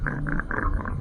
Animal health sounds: poultry house recording; sick chickens (respiratory disease)

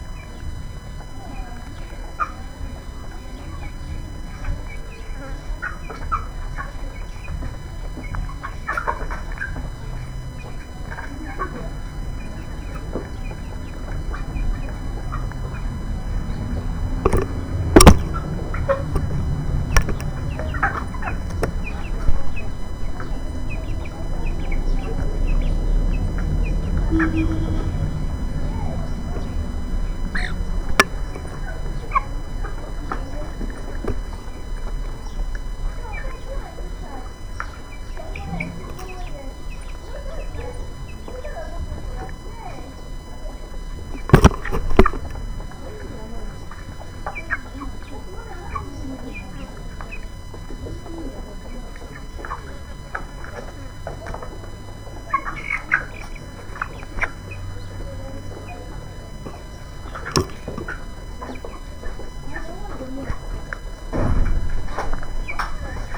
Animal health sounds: poultry house recording; background noise or bird activity such as feeding and pecking

